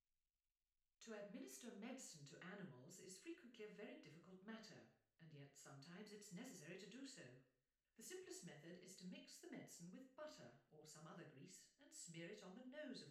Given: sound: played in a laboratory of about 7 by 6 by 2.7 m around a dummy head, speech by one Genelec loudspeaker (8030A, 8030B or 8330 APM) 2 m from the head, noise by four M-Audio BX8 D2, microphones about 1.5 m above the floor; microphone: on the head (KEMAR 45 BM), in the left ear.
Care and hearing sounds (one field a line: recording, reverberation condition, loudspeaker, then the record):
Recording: female speech in English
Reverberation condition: medium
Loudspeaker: behind (180 degrees)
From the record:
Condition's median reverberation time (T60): about 510 ms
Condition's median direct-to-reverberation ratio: about -0.5 dB